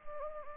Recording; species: mosquito wingbeat signal from an infrared sensor; Anopheles arabiensis